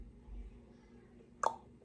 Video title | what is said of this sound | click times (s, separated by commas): How to Microscope in 10 Simple Steps | and again i'm going to rotate this until i feel the click | 1.5 s